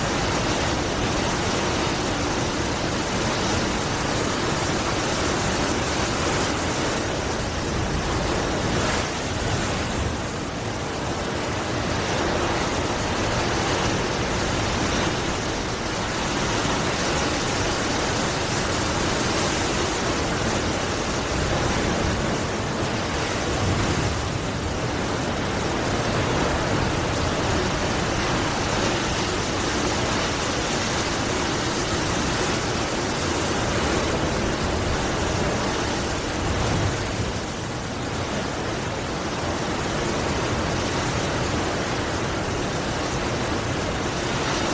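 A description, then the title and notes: Huge ocean waves crash in a dense, unbroken roar that fills everything from deep rumble to bright hiss. The loudness stays nearly constant for the full length, with faint swells and slight easing around the 10, 24 and 37 second marks. Huge Ocean Waves Crashing.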